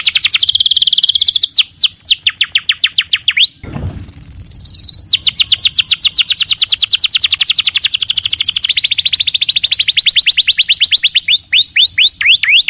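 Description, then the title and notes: Canary song: fast, bright rolling trills of rapidly repeated notes, a brief harsh burst near four seconds, then long even rattling trills and a few sweeping whistles. Tutoring recording, long duration, used to train young canaries to sing. "Pancingan Kenari Muda. masteran kenari"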